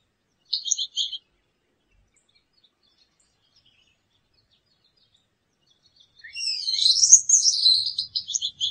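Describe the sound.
Gouldian finch giving a brief burst of high chirps, then after a silence a thin buzzy phrase that rises sharply before settling into lower, hissing notes.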